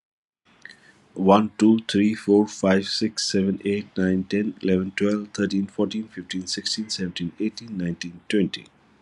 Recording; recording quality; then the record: counting at a fast pace; excellent, no background noise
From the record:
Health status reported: COVID-19 positive, moderate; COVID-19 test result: positive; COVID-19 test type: RT-PCR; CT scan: not taken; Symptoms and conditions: cough, sore throat, hypertension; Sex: male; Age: 52 years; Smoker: no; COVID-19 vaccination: both doses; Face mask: not worn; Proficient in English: yes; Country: India